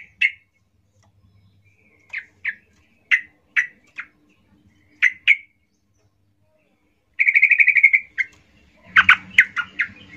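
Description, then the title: Yellow-vented Bulbul song: sharp chirps in pairs and threes, then a rapid buzzy trill and a jumbled cluster of harsher notes. Singing trucuk used as a lure to make trucuk birds sing; described as gacor, ropel ngalas style. "GACOR Ropel Ngalas Pancingan Trucukan Agar Bunyi Jadikan Burung Trucuk"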